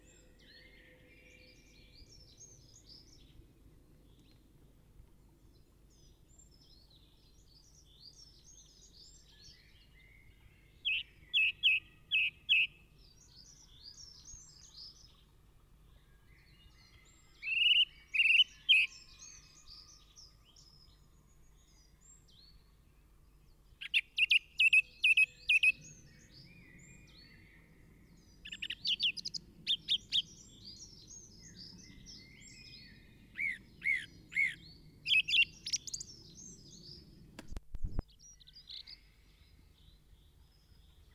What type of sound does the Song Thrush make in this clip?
song